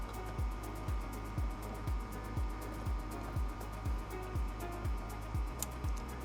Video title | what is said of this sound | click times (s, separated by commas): Hyundai Tucson 2022-2025 Remote Engine Starter install / Key Ignition - MyKey Premium | Just like this. Make sure it clicks. | 5.6 s